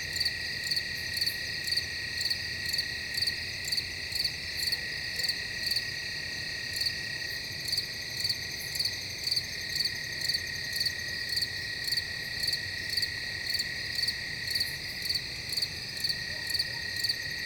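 Insects chirp in steady, evenly spaced pulses about three times a second over a constant high shrill drone in the night woods.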